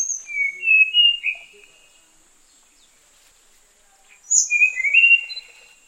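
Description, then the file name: Tanahjampea blue flycatcher song: two sweet whistled phrases, each opening with a thin high note and going on into warbled lower notes, separated by about three seconds of quiet; a steady high hum throughout. "sikatan tanahjampea"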